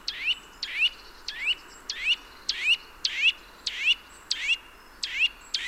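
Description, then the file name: Eurasian nuthatch giving sharp rising call notes, each a quick upward sweep, repeated many times over a low background hiss. "Sitta europaea"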